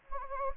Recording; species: mosquito wingbeat signal from an infrared sensor; Anopheles gambiae